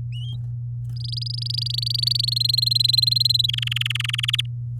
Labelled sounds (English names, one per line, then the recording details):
Domestic Canary song
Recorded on 8 May 2018 at 11:50
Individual llb16